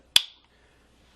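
The cocking knob of an Alfa Proj CO2 target pistol is pushed forward to cock it for dry firing. A single sharp click sounds at 0.2 s, with a short bright ring that fades quickly into quiet. The spring valve latches into the firing position.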